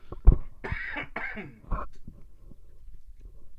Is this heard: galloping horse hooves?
no